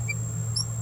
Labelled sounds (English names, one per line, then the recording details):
Green-rumped Parrotlet babbling
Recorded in a nest box in Venezuela
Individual 18B17A4